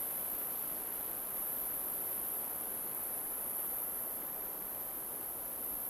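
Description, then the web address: Cricket chorus: an unbroken shrill high trill holds evenly from start to end, with a faint background hiss. Crickets in an alpine forest. "Sonniss - GDC 2018-Game Audio Bundle Soundrangers - Nature Ambience forest alpine crickets"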